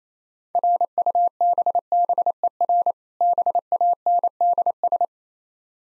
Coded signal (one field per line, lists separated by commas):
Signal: Morse code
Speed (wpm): 29 wpm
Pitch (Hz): 700 Hz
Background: none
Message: RUBBER BANDS